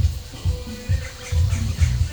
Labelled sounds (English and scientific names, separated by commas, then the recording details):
none
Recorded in pastures near Puerto Asís, Putumayo, Colombia, on 22 December 2024 at 10:00
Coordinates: 0.497, -76.327
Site G088